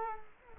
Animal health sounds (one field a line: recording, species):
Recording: mosquito wingbeat signal from an infrared sensor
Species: Culex quinquefasciatus